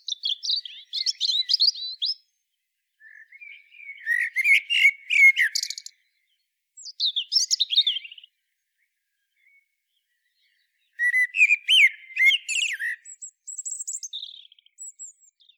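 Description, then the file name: Common blackbird song, repeated phrases of warbled whistles ending in shrill scratchy twitters, with short silent gaps between phrases. "Turdus merula"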